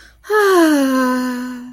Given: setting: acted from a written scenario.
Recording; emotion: vocal sound without words; ecstasy